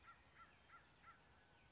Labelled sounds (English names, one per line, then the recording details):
American Crow
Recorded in Sonoma County, California